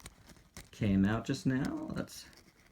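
A shoulder ball joint on a MAFEX Batman action figure, which has just popped out, is being handled near its plastic shoulder socket while someone talks. Faint handling ticks come at about 0.1 s and 0.6 s. Nothing has seated or clicked yet.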